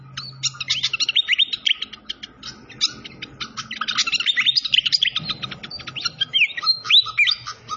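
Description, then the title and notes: Malaysian pied fantail song, fast and jumbled, mixing bright chirps with sweeping whistled slurs, a soft low rumble underneath. Masteran (training recording) of clear-voiced song mixed with the sound of flowing water. "Masteran Sikatan Kipas Suara Jernih Dan Suara Gemericik Air. Suara Burung Sikatan Londo"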